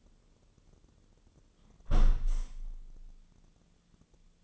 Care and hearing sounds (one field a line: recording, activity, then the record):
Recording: daily activity, microphone in the room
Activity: close window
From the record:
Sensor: 4